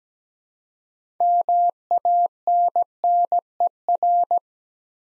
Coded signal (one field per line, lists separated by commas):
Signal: Morse code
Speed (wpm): 17 wpm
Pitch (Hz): 700 Hz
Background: none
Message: MANNER